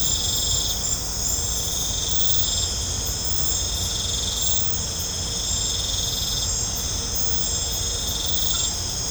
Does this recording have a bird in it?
no